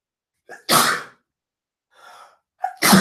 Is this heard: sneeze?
yes